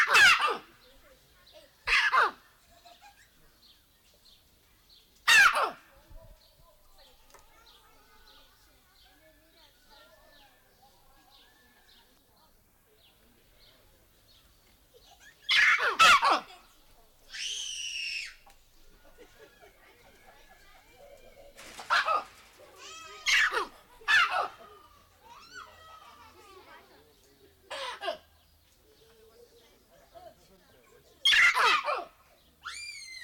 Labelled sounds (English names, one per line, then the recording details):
Collared Mangabey
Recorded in captivity
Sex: male
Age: adult
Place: Tierpark Berlin, Berlin, DE
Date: 1995-05-21 14:14
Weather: wolkig, 17°C
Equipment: Marantz CP 430, Sennheiser ME 80, Kopie Uher 4000 Report Monitor
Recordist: Tembrock, Günter
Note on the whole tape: Rotscheitelmangabe (C. t. torquatus): 2 Männchen (Alpha und anderes) - Erregungsrufe. Pferdewagen fuhr vorbei. Entfernung 1 - 8 m